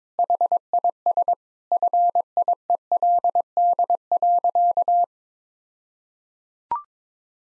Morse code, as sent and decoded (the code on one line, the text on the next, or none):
.... .. ... / ..-. .. . .-.. -.. .-.-.-
HIS FIELD.